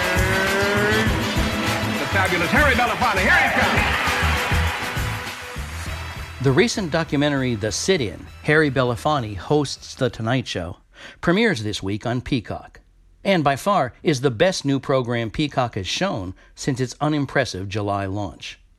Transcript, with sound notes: here's the fabulous Harry Belafonte. Here he comes.
(APPLAUSE)
The recent documentary "The Sit-In: Harry Belafonte Hosts The Tonight Show" premieres this week on Peacock and by far is the best new program Peacock has shown since its unimpressive July launch.